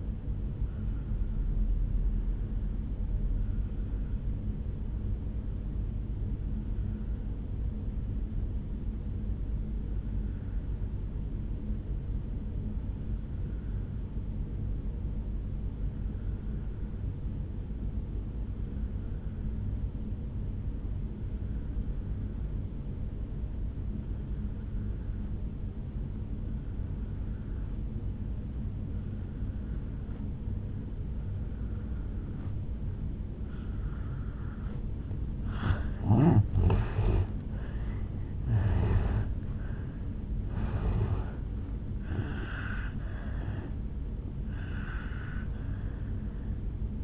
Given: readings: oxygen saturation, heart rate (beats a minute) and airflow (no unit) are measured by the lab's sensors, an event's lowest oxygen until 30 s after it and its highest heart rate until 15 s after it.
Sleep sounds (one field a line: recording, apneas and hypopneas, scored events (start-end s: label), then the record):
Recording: breathing in sleep by a smartphone at the bedside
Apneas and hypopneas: 1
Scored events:
3.00-38.00 s: obstructive apnea (N1, oxygen 97% highest, then 83% lowest, heart rate 60 at the start, 78 highest)
39.00-47.04 s: new sleep stage, N2 (light sleep)
From the record:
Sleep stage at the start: N1 (lightest sleep)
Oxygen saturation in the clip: 84 to 97%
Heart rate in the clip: 54 to 78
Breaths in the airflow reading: 4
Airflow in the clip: -11.1 to 7.4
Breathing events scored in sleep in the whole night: 449 in 7.0 hours asleep